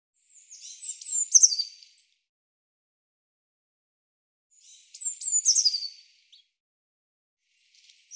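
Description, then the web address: Eurasian blue tit calls: two bursts of high, scratchy twittering notes separated by silence, with a faint snatch at the end. "cianscape birddata Deverinetal 2025 File cleaned normalized Bird Cy Ca"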